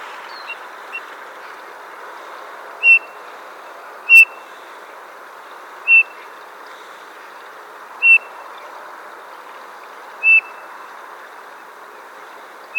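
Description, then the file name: Eurasian bullfinch calling: short, mellow piping whistles repeated steadily about every two seconds, six notes in all. "Pyrrhula pyrrhula"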